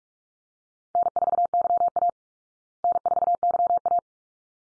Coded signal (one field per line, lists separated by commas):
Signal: Morse code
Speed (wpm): 44 wpm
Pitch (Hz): 700 Hz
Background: none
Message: N4YA N4YA